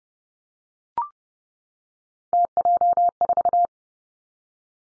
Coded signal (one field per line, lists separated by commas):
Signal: Morse code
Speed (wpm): 30 wpm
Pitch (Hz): 700 Hz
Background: none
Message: TJ4